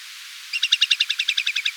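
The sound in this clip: Whimbrel calling in a quick rippling series of about thirteen piping notes, the first few loudest, then slightly softer toward the end.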